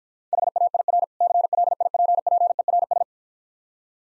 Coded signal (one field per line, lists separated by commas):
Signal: Morse code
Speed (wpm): 49 wpm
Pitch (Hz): 700 Hz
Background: none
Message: HAIR CLIPPERS